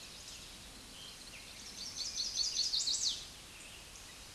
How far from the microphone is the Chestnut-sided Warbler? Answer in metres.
about 30 m